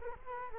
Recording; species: mosquito wingbeat signal from an infrared sensor; Culex quinquefasciatus